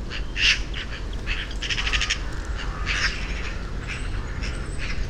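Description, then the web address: Eurasian magpie chattering: a harsh, rapid rattle of dry clacking notes near the middle, with scattered rasping calls before and after over a steady low rumble. "SETE Pica pica"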